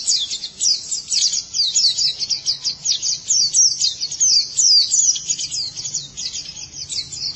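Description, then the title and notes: White-eye song: a rapid, continuous stream of high, thin twittering notes, densely packed and fluctuating in loudness throughout. "Kicauan Burung Pleci Durasi Panjang. Suara kicauan burung pleci"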